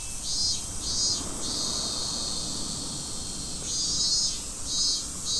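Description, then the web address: Cicada song as an unbroken high-pitched hum, rhythmically pulsing in waves roughly every half second in two stretches, over a low background rumble. Recorded at Fukushima on 30 July 2015. "nagahata fukudai 150730 cicadda"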